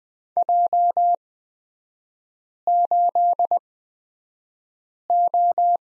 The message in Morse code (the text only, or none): J8O